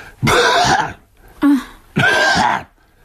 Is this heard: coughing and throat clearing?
yes